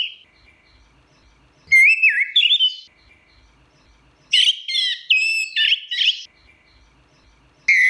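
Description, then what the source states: Orange-headed thrush song: warbled phrases of varied whistles, a long jumbled strophe midway, and pauses between bursts. Song in ngeplong style.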